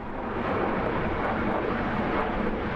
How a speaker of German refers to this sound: Ein Passagierflugzeug über Mainz im Landeanflug auf den Flughafen Frankfurt am Main. Minütlich donnern die Maschinen in geringer Höhe über die Stadt.